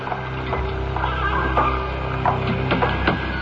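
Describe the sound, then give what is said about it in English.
A black coach drawn by four black horses moves along a road at night, coming toward the listener: irregular hoof clops over a steady low rumble and faint whinnying tones, growing slightly louder over a few seconds, with no one talking. “There's a coach and four horses moving, coming toward me.”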